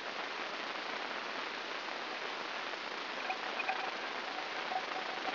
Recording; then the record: brain microelectrode recording played as sound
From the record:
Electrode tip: inside the subthalamic nucleus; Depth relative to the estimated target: -1 mm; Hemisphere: left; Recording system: AlphaMap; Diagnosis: Parkinson's disease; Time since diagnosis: 9 years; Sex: male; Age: 68 years